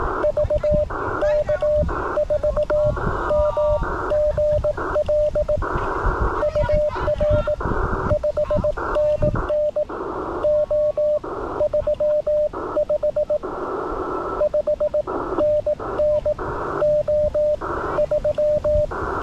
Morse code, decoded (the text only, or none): VK4MGL UR 5NN O35 5NN O3